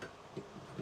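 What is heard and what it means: A threaded hose adapter is turned anti-clockwise on a kitchen tap spout, repeating the turn to find the start of the fine thread. Faint, light ticking and scraping sounds come from the handling, with a few slightly louder ticks. Nothing has clicked in or seated yet.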